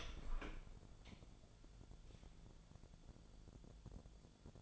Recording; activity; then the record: daily activity, microphone in the room; open door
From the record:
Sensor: 5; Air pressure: 1000.4 hPa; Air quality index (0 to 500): 150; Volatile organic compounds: 2 ppm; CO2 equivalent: 1158 ppm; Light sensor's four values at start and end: 48/112/47/50 and 48/112/47/50